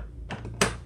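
The plastic carrying handle on a Bissell Big Green carpet cleaner's water tank is swung over into its latch, with a softer knock around 0.3 s before a sharp, bright click at 0.6 s. The handle locks into place.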